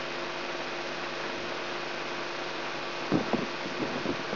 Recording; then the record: brain microelectrode recording played as sound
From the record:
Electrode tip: inside the subthalamic nucleus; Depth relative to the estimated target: -2 mm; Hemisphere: right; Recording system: AlphaMap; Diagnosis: Parkinson's disease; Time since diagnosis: 16 years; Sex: male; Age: 67 years